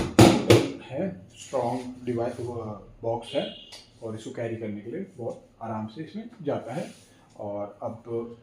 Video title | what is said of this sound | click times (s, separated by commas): PEMT Loop Therapy Device | यह यहां से लॉक हो जाता है। | 0.2 s, 0.5 s